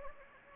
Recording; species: mosquito wingbeat signal from an infrared sensor; Anopheles gambiae